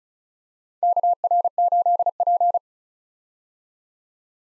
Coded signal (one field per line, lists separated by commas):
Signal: Morse code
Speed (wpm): 36 wpm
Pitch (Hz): 700 Hz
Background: none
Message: KR8P